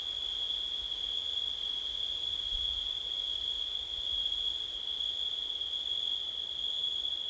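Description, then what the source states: Unbroken shrill cricket chirping continues evenly, with one brief low thump. Crickets recorded on a windy September night.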